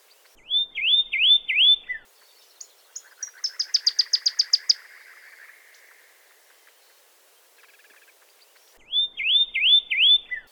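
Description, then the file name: Pyrrhuloxia singing a few slurred whistles, then a fast run of sharp notes over a buzzy chatter, and later a few more slurred whistles. "suara call song burung pyrrhuloxia omkicau"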